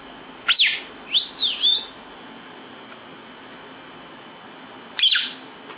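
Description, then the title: Lovebird uttering several high, slurred chirps close together, then a single harsh squeak after a pause. National champion lovebird, singing actively with a full repertoire of filled-in song ('full isian gacor'). "Burung Lovebird Juara Nasional Full Isian Gacor"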